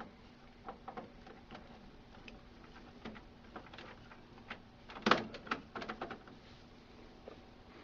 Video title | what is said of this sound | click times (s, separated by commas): Xerox Phaser 3635MFP Fuser Maintenance Kit - 3635MFP-Z1 | Slide the new roller on and turn until it clicks in place | 5.1 s